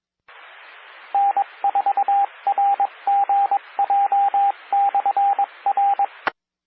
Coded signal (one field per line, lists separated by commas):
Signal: Morse code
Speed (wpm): 22 wpm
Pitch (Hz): 800 Hz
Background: radio noise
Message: N4RGJ/R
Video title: 2020-09-15 - N4RGJ 147.01500 MHz Repeater - Hurricane Sally